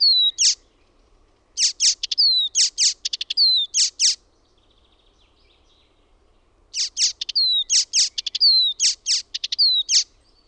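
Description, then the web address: Icterine warbler singing loud bursts of sharp, high chirps and slurred whistles, each note repeated a few times, with silent gaps between bursts. Own recording. "OMAT AANITYKSET KULTARINTA"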